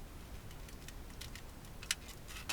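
A tight clock module is pried out of the center console dash trim panel of a Toyota Matrix / Pontiac Vibe, with faint ticking and scraping sounds as it is worked loose. A sharp pop at 1.9 s marks the module popping free and being released, followed by another small knock near the end.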